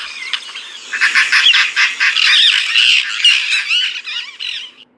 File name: Indian roller